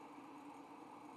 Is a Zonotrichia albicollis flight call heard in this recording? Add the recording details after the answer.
no. No flight call is heard. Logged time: 11:56 on 5 December 2014